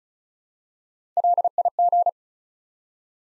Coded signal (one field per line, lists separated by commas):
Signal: Morse code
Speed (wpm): 36 wpm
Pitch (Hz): 700 Hz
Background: none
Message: LIG